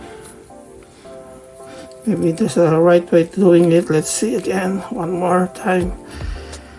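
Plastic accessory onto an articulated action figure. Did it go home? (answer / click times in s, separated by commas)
no / none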